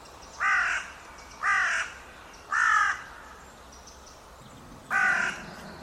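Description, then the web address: Bird giving four harsh, hoarse caw-like calls, roughly one per second, with a longer pause before the last note; steady low background hiss throughout. "cianscape. Deverinetal 2025. Bird Only"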